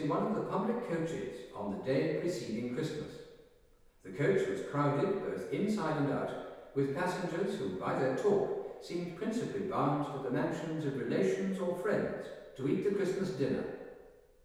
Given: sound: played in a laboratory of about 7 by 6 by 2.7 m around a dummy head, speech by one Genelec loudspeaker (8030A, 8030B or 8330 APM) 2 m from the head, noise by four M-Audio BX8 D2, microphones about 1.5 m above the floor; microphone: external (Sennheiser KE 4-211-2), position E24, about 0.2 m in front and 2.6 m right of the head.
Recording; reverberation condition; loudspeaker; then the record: male speech in English; high; 60 degrees to the left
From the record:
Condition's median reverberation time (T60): about 1300 ms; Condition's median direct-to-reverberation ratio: about -4.0 dB